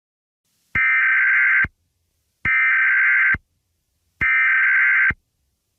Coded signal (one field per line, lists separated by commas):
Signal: Emergency Alert System (SAME) tones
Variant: header bursts